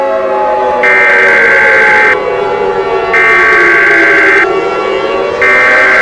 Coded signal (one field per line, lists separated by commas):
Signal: Emergency Alert System (SAME) tones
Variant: header bursts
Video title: EAS Scenario: Shadow Nebulosa's Rampage (Remastered)